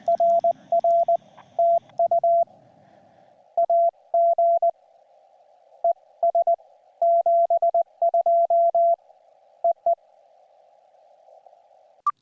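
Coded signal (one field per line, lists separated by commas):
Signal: Morse code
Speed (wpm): 19 wpm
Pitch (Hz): 680 Hz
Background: radio noise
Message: RR TU AG ES 72 EE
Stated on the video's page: Summits on the Air activations on three summits using an Elecraft KX2.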